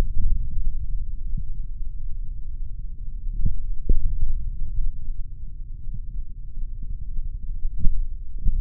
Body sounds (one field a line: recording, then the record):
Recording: forearm muscle sounds (acoustic myography)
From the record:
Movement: index flexion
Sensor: system 3, bracelet of six PUI Audio POM-2738L microphones around the upper forearm, with dedicated amplification and filtering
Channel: 3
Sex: male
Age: 26 years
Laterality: right